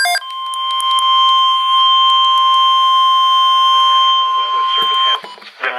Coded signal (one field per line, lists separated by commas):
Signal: Emergency Alert System (SAME) tones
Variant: 1050 Hz attention tone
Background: speech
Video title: Tornado Watch #104 (EAS #146)